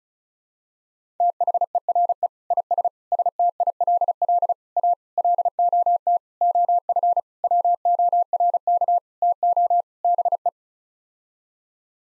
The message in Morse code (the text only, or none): THERE IS STILL A LOT OF WORK TO BE